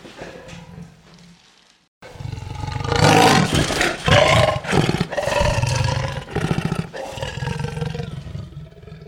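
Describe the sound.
Leopard growl, soft at first, then a pause followed by louder, sustained rasping growls in several surging bouts.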